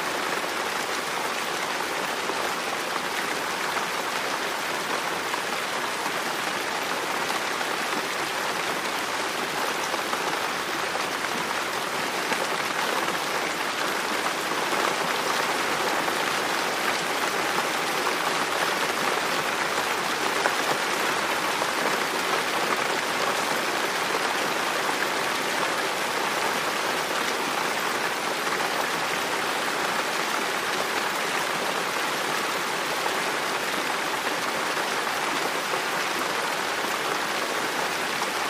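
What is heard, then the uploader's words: Rain falls steadily against a window, a dense, even hiss of countless small drops with no breaks or build-ups. The sound sits mostly in the middle and upper range, bright, with little low rumble and no distinct events across the whole stretch. Raining Sounds for Sleeping Featuring Rain On Window - White Noise (No Thunder).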